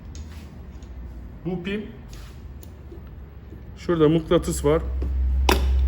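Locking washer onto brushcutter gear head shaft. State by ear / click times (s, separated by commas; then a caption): seated / 5.5 s. On a STIHL FS 120 brushcutter's gear head, a locking washer with its pin and magnet is pushed onto the shaft so it engages the slots, locking onto the trimmer head. Someone talks, then a sharp metallic snap at 5.5 s marks the washer seating and locking into place.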